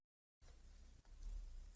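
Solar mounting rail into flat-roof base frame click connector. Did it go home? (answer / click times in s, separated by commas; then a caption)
no / none. A solar PV mounting rail is handled on a flat-roof base frame, positioned against the stop tabs ahead of being pressed down into its click connector. After 0.4 seconds of silence, a steady broadband rustling begins, dips briefly near 1.0 s, then grows slightly louder until the end. Nothing has seated or clicked yet.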